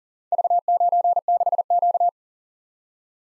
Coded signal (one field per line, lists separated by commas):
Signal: Morse code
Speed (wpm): 43 wpm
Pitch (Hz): 700 Hz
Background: none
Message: V96Q